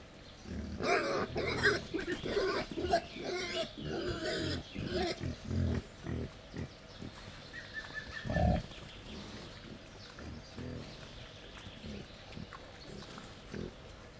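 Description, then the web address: Wild boar grunting rapidly and busily for several seconds, then single grunts at intervals; light bird calls in the background. Wild boar at a laid-out feeding table in Jászberény Zoo, recorded 1 May 2015. "allathangok jaszberenyizoo 2015 professzionalis vaddiszno teritettasztal c 05 01"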